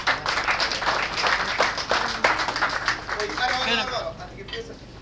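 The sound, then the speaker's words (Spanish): An audience bursts into steady applause to welcome a poetic duel in décimas between two payadores, dense overlapping clapping that holds at full volume throughout, with a few voices calling out and cheering mixed in toward the end. “Un aplauso, por favor.”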